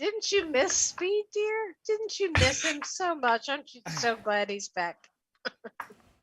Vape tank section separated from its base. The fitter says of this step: oh did you hear it pop that time